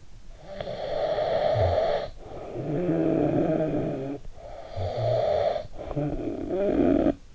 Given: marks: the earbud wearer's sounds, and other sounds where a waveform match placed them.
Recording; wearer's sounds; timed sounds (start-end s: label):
sounds in sleep by an in-ear microphone; snoring breath
0.34-7.35 s: snoring breath